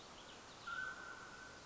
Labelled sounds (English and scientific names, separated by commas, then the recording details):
Mountain Quail (Oreortyx pictus)
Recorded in Sonoma County, California